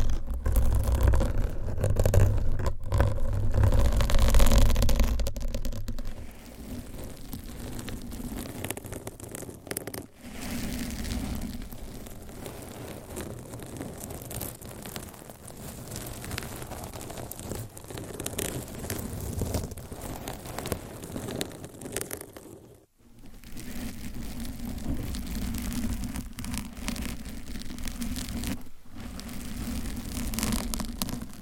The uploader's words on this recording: ASMR Mic Scratching Brain Scratching with 50 DIFFERENT MICSCovers & Nails No Talking.